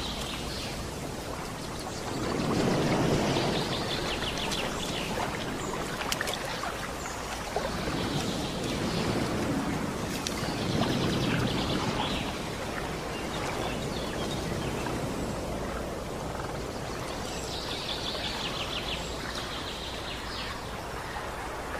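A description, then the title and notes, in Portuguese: An outdoor nature scene: a steady rushing wash, like water or surf, fills the clip and swells louder around the third and ninth to twelfth seconds. Bright bird chirps come through in short bursts near the start, middle and end. Sons da Natureza.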